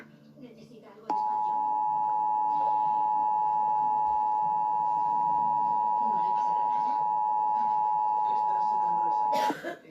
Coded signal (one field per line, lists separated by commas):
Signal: Emergency Alert System (SAME) tones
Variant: 853 and 960 Hz attention tone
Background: speech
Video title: EAS interrupts bfb